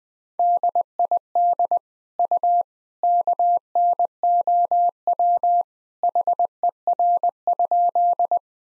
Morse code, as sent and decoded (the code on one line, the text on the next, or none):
-.. .. -.. / ..- / -.- -. --- .-- / .... . .-. ..--..
DID U KNOW HER?